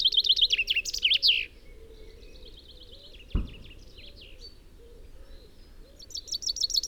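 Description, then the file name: Common chaffinch song phrase ending in a flourish, followed by softer chirps, a sharp knock, and the start of another phrase. "Fringilla coelebs"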